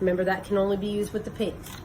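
An air polishing tip is handled at a dental handpiece while someone talks throughout. Nothing has seated or clicked yet; the clip ends before the tip is locked onto the handpiece.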